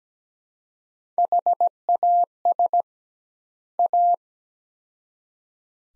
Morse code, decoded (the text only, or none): HAS A